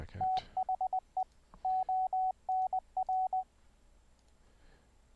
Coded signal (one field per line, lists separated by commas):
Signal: Morse code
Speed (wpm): 20 wpm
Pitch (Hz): 750 Hz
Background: radio noise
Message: THE ONR